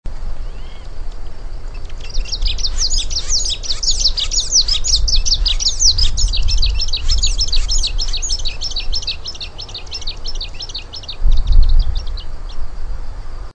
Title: LuckyPassaro Completos2Sama. Long-tailed Reed Finch (Donacospiza albifrons)